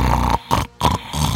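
An adult man snoring in his sleep. The snoring is loud, low-pitched and rough, with a metallic, tank-like rumble, and comes in quick repeated bursts.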